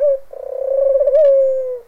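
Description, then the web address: Bird call: a short note, then a long, steady, mid-pitched tonal note that pulses at first, then smooths out and fades. "DESN 275 sound Library animals BIRD"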